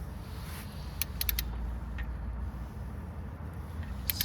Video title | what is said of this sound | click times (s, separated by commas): Nissan Juke Spark Plugs Replacement – Everything You Need to Know (DIY) | And I think this is the click we want. | 4.1 s, 4.2 s